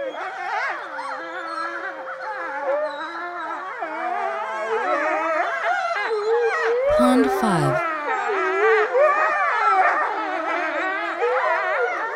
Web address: wolf